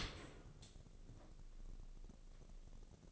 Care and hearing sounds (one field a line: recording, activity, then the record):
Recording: daily activity, microphone in the room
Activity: open dishwasher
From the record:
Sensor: 4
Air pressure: 1013.2 hPa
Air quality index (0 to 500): 172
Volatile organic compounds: 2 ppm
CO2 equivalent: 1086 ppm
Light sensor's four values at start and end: 79/195/81/83 and 77/191/79/81